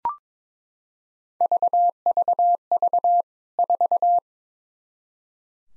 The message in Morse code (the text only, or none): VVV 4